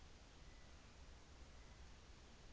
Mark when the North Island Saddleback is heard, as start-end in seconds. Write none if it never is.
none